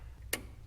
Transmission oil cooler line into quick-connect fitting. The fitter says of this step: once you hear that nice little click wiggle it to make sure it's secure and then do the other one